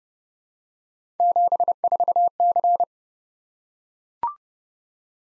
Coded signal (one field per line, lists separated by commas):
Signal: Morse code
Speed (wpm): 30 wpm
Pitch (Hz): 700 Hz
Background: none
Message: 74C